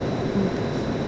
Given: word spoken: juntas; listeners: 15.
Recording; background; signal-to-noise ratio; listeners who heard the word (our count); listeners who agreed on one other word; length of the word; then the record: one Spanish word in noise, from a listening test; speech-shaped noise; -4.1 dB; 1 of 15; 6 of 15; 0.68 s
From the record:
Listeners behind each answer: 6, 1, 1, 1, 1, 1, 1, 1, 1, 1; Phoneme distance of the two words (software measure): 10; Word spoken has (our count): 2 syllables, 6 phonemes, stress on syllable 1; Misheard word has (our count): 2 syllables, 6 phonemes, stress on syllable 1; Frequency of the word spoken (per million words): 23.91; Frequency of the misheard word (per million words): 60.40